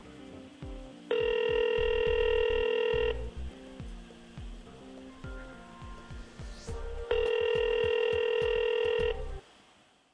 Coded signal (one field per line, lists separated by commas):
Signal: telephone call progress tone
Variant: North America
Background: music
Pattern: ringback tone